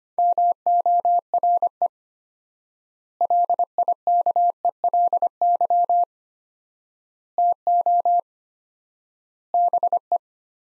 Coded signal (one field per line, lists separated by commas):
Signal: Morse code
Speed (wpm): 25 wpm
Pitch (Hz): 700 Hz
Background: none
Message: MORE LIKELY TO BE